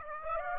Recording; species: mosquito wingbeat signal from an infrared sensor; Aedes aegypti